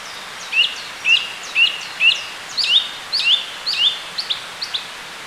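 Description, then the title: Song Thrush song: a rising whistled note repeated four times, then a richer twisting phrase repeated three times, followed by softer short notes. "Sylvain Jaskowiak - Mes piafs. Grive musicienne"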